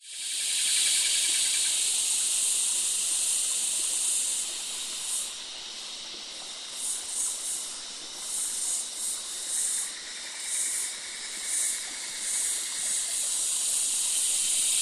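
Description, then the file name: Cicada chorus starts abruptly as a loud shrill drone, then throbs in uneven surges of buzzing, with a fainter lower insect hum underneath. Loud insects recorded close by in a summer forest beside a creek in Australia. "zapsplat. nature forest ambience summer creek close by loud insects cicada australia"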